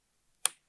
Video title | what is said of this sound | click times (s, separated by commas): An attempt to modernise the Martini-Henry rifle, with firearms and weapon expert Jonathan Ferguson | clicks into place here, and all that does is make the lever rigid again. | 0.5 s